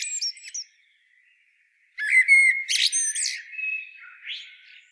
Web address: SETE Turdus merula